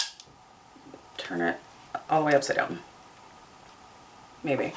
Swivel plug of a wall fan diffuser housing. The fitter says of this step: locked into place so you can push that button down again and you will turn it again turn